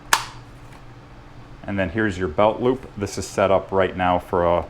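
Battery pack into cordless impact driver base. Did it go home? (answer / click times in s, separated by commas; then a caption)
yes / 0.1 s. A slide-on battery pack is lined up by its grooves with the rails on the base of a Milwaukee FUEL 2953-20 cordless impact driver and pushed in until it latches. A sharp, loud click at 0.1 s marks it seating in place, followed by quiet and then someone talking.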